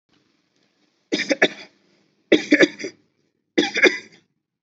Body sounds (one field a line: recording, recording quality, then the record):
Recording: shallow voluntary cough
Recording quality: excellent, no background noise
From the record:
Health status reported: healthy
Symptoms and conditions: none ticked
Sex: male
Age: 43 years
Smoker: not ticked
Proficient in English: yes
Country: India